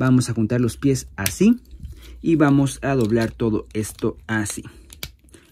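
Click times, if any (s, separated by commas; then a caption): 5.0 s. Someone talks while folding the legs of a plastic transforming robot toy, a Transformers WFC Kingdom Red Alert (Walgreens exclusive), bringing the feet together and folding the leg section. After a pause, a sharp click at 5.0 s marks the leg joint seating into place, followed by a few faint small ticks.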